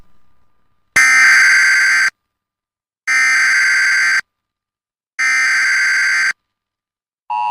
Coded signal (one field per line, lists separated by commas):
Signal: Emergency Alert System (SAME) tones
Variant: header bursts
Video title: #EAS #flashfloodwarning Ciales, Orocovis y Morovis hasta las 5:30pm#PRwx